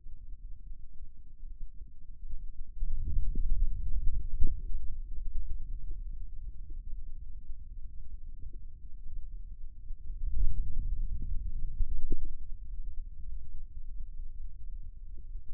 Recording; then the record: forearm muscle sounds (acoustic myography)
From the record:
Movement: radial deviation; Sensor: system 2, bracelet of six BSWA MPA416 microphones around the upper forearm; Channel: 3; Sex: male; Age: 22 years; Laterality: right